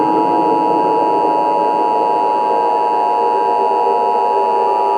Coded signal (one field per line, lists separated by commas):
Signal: Emergency Alert System (SAME) tones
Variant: 853 and 960 Hz attention tone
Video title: EAS Scenario: Toy Story 5 (Offical COMEBACK)